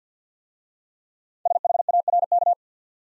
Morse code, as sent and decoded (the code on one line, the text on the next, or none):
... .... .- .-. -.-
SHARK